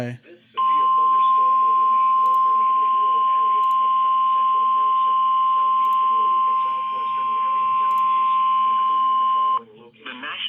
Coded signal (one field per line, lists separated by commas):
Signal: Emergency Alert System (SAME) tones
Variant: 1050 Hz attention tone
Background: speech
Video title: WELP. ANOTHER CRAZY DAY. (EAS Alerts from 5/2/22)(EAS#229-270)